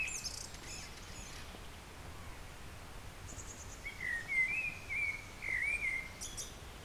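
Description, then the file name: Eurasian blackbird delivering a smooth, slightly undulating fluty phrase in the second half, with faint high chirps from other birds before and after. "Turdus merula"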